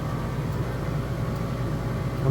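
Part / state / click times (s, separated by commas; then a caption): valve base part into the dispense valve body / not seated / none. A valve base part for a UF1 dispense valve is being slid by its indentations into the slots of the valve body during a paddle replacement, but it is fitted backwards and does not seat. A steady low hum with a faint tonal drone continues for 2.3 seconds, with no sharp snap or click at any point. Nothing has seated or clicked yet.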